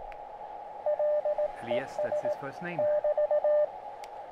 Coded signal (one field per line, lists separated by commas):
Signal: Morse code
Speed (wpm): 18 wpm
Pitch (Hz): 600 Hz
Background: speech, radio noise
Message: LES<BT>